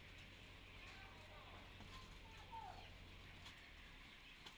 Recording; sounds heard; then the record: poultry house recording; healthy chickens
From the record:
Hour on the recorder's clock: 10